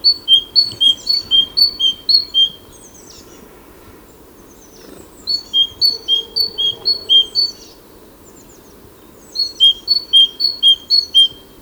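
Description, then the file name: Great tit song: rapid repeated two-note whistles, high then lower, in three bursts of several pairs, separated by pauses with faint bird twitters. "Parus major"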